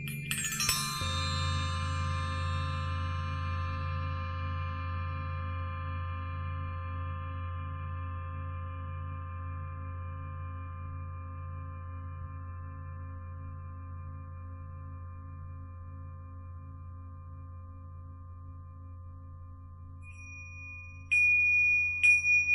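A Tibetan singing bowl is struck once at the start, its bright attack settling into a long, steady ring with a low, gently pulsing hum underneath. The tone fades only slowly over the clip. Near the end, a few light, higher clinks sound briefly.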